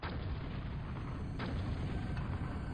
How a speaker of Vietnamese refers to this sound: Khi tôi và Cố U Hoàng đang nói chuyện, mấy chục ảo ảnh phân thân của tà thuật sĩ nổ tung.